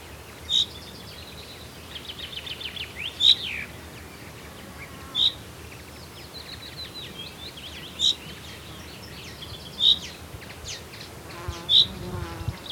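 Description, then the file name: Common chaffinch calling, a sharp, short high note repeated about every two seconds over a soft background chorus of other twittering birds. "Fringilla coelebs"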